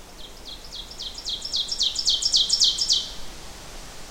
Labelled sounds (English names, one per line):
Ovenbird song